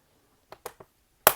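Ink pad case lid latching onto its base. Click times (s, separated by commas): 1.3 s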